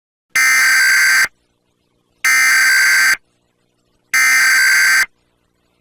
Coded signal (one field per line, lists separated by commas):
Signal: Emergency Alert System (SAME) tones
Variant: header bursts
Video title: Realtime Weekly Alert Simulation | An EAS Scenario